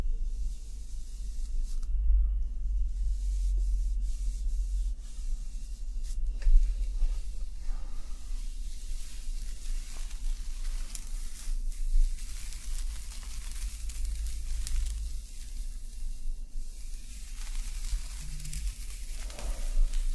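Hair being played with and handled, giving a soft, constant rustling and brushing that stays fairly even across the whole stretch. A heavy low rumble runs underneath throughout, with faint crisp crackles and small scratchy accents popping up now and then, especially around the middle.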